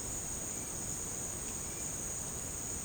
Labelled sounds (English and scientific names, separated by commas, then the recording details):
none
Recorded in secondary vegetation near Puerto Asís, Putumayo, Colombia, on 24 March 2025 at 13:00
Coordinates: 0.485, -76.322
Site G040